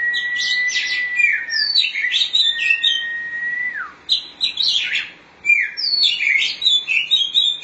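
Oriental magpie-robin song: varied bursts of high whistles and chirps, broken by two long flat whistled notes, the second sliding down at its end.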